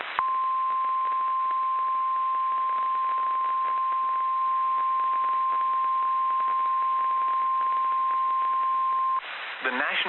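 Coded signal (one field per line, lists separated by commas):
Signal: Emergency Alert System (SAME) tones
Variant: 1050 Hz attention tone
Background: speech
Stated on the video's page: Real NOAA Weather Radio severe thunderstorm warning issued by the National Weather Service in Burlington, Vermont.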